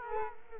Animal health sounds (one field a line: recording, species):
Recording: mosquito wingbeat signal from an infrared sensor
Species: Culex quinquefasciatus